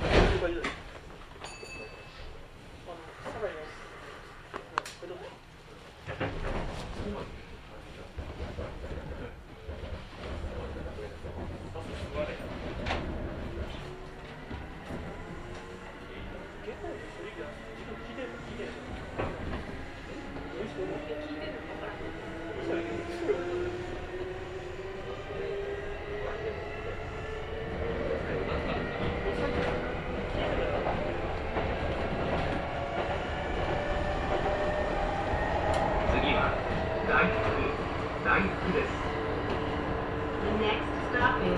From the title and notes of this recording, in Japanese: 耳で楽しむ鉄道旅 近鉄大阪線 区間準急 大和朝倉→近鉄下田。大和朝倉始発の区間準急大阪上本町行きに乗り換えました。区間準急なので途中の河内山本までは各駅停車となります。